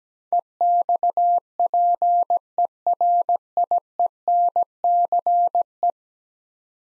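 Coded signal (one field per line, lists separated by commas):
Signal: Morse code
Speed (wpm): 17 wpm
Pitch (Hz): 700 Hz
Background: none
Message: EXPERIENCE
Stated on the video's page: Morse practice drill of ten-letter words at 17 wpm, each sent, spoken, then sent again.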